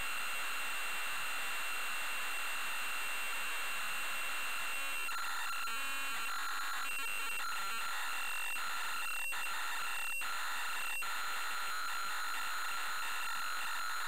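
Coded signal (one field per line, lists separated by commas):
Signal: computer data on cassette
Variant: Amstrad CPC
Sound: loud harsh buzzing data screech with a steady high whine and brief dropouts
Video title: Camelot Warriors (Amstrad CPC) - Full tape loading sequence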